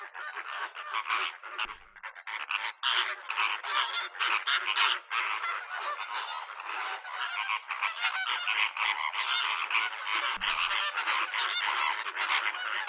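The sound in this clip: Bird calls, a steady wall of honks from a large flock, overlapping and nasal, with a couple of brief lulls.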